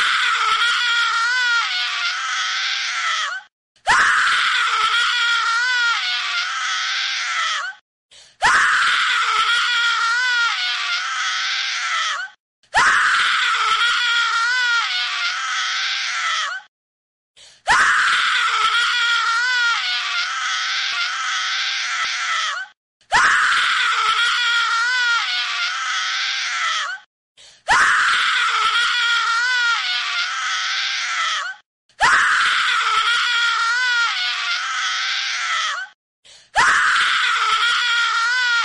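A psycho scream repeats again and again, each shriek lasting about three to four seconds before a brief silent gap, roughly nine times in all. The voice is loud and piercing, wavering in pitch with a raw, strained edge, and nothing else is heard.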